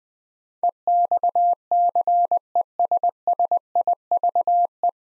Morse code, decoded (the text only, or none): EXCESSIVE